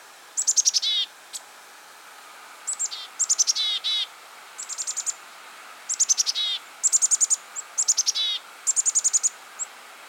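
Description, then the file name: Black-capped chickadee calls: bursts of rapid, very high clipped notes and quick downslurred sweeps, given in clusters every second or so over about ten seconds, faint hiss behind. "Poecile atricapillus - Black-capped Chickadee"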